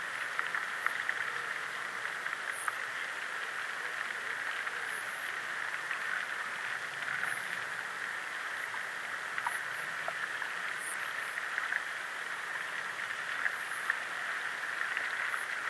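The River Allen, a chalk river, flows with a steady, even rush of water, a dense hiss centred in the middle range with almost no low rumble. Faint high ticks or chirps surface every two to three seconds above the flow.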